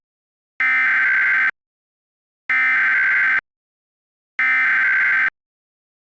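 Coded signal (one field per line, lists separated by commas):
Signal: Emergency Alert System (SAME) tones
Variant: header bursts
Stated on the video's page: Mock, fictional New York AMBER alert, a remake of an earlier mock.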